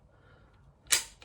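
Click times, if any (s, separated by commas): 1.2 s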